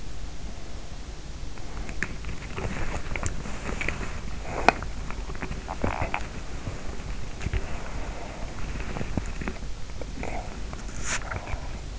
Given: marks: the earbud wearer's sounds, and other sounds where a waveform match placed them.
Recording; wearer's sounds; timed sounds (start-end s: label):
sounds in sleep by an in-ear microphone; breath, body movement
0.00-2.14 s: breath
1.66-11.99 s: body movement
4.18-5.00 s: breath